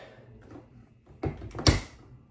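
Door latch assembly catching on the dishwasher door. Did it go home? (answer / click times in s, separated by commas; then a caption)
yes / 1.7 s. A dishwasher door with a newly fitted door latch assembly, its screws snugged into the plastic, is swung closed to test it. A soft thump sounds at 1.2 s as the door meets the frame, followed by a sharp click at 1.7 s as the latch catches. The latch clicks shut and the door is seated.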